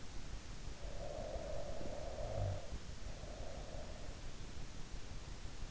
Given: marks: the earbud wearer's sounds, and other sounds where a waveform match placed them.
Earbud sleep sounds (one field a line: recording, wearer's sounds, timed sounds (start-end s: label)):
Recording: sounds in sleep by an in-ear microphone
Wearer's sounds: breath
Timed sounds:
0.69-3.79 s: breath